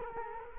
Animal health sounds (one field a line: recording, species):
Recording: mosquito wingbeat signal from an infrared sensor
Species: Culex quinquefasciatus